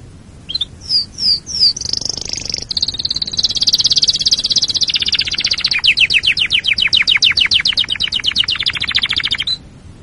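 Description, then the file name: Canary song with a few looping notes followed by a long fast trill that slows into evenly spaced descending notes. "canarysong omkicau"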